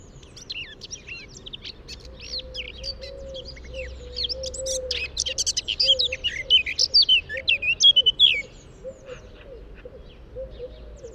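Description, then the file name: Eurasian blackcap song: a fast, varied warble of high chirps and slurred notes that grows louder mid-phrase. "Sylvia atricapilla"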